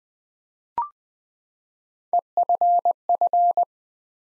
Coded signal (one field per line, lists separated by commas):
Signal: Morse code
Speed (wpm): 20 wpm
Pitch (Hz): 700 Hz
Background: none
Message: EFF